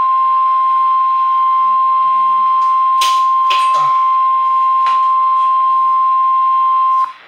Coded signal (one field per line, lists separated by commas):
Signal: Emergency Alert System (SAME) tones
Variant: 1050 Hz attention tone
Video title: THE TORNADOES IS COMPLETELY OF NIGHT OF FLUUDZ... EAS Alerts From 4/27/24 - 4/28/24 (EAS#959 - #981)